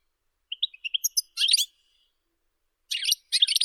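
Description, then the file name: European goldfinch twittering: a few thin, high chips, a burst of jangling notes, a pause, then two more buzzy twittering phrases. "Golosa ptic - CSHegol Carduelis carduelis"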